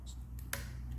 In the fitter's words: You hear the click and then you just pull it out.